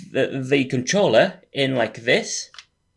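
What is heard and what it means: Someone talks while handling a detachable controller, bringing it toward the side rail of a Nintendo Switch 2 handheld game console, where it attaches magnetically. Only speech is heard through about 2.6 seconds, then silence. Nothing has seated or clicked yet by the end of the clip.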